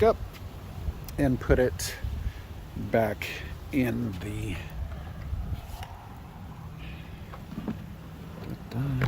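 In a Winnebago Solis 59PX RV, the plastic toilet waste cassette is lined up and started back into its compartment, with a few bumping knocks around 5.8, 7.3 and 7.7 seconds while someone talks. Nothing has clicked or seated yet; the cassette has not been pushed home.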